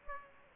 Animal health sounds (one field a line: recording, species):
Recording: mosquito wingbeat signal from an infrared sensor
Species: Aedes aegypti